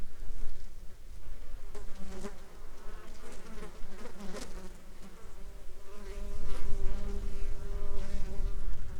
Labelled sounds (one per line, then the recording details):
insects
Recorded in the Arctic National Wildlife Refuge, Alaska, on 15 July 2021 at 16:02
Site 35